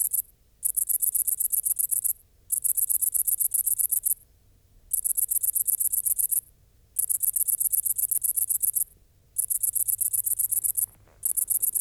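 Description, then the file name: Great green bush-cricket: shrill, rapidly pulsed high-pitched song delivered in bursts of one and a half to two seconds, separated by brief regular silences. "Tettigonia viridissima"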